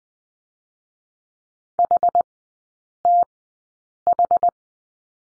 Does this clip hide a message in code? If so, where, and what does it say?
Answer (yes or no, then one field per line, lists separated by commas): yes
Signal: Morse code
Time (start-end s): 1.8-4.5 s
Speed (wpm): 20 wpm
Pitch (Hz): 700 Hz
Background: none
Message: HTH